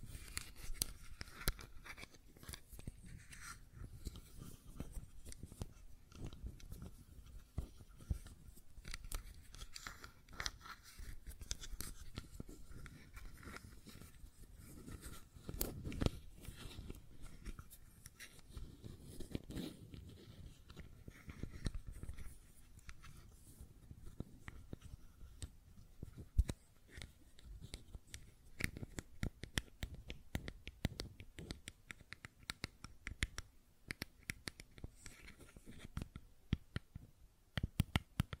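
Fidget cube tapping and clicking runs through the whole clip as a dense, irregular patter of short, sharp clicks with no steady rhythm. Brief louder taps stand out now and then, and a soft low rumble swells under the clicks around the middle.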